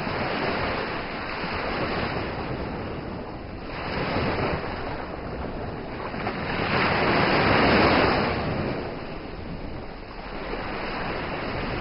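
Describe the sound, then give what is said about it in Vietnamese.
Continuous ocean waves wash and surge in slow swells around a ship drifting at sea, a broad hiss of surf rising and falling with wind and rain and some wind rumble beneath, no voices present. “Phượng Kiều thấy mình nằm trong căn buồng khá rộng, trên chiếc hải thuyền bồng bềnh giữa đại dương”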